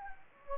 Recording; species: mosquito wingbeat signal from an infrared sensor; Anopheles gambiae